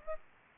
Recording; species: mosquito wingbeat signal from an infrared sensor; Aedes aegypti